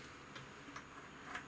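An outer barrel is slid onto the hop unit chassis of a Tokyo Marui FN5-7 GBB top slide during reassembly, its two small holes lining up to click onto the pegs on either side. Only faint, light handling ticks are heard at about 0.4, 0.8 and 1.4 seconds over a quiet background. Nothing has clicked or seated yet.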